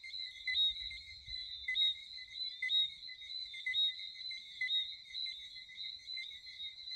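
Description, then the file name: Continuous chorus of frogs, a high buzzing trill throbbing about once a second, with faint low rumble at the start. "Chant de grenouilles - Sound of frog"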